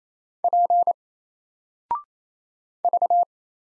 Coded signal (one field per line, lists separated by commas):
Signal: Morse code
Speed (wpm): 27 wpm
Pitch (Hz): 700 Hz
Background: none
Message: P V